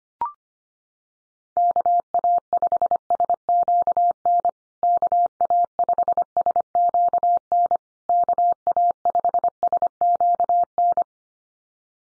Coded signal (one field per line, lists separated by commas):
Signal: Morse code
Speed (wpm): 25 wpm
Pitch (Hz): 700 Hz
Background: none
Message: KA5SQN KA5SQN KA5SQN